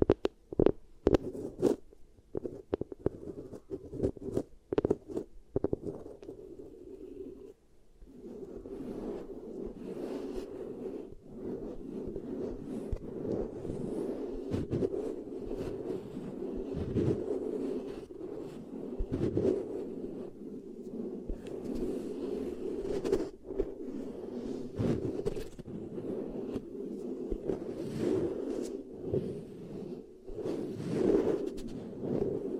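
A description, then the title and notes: Beeswax handling, with sharp crinkly clicks and squishes crowding the first eight seconds. After that a steady low rubbing murmur takes over, dotted with bright snaps and scrapes every second or two, occasionally louder. ASMR Really Nice Beeswax Ear Triggers for SLEEP (No Talking).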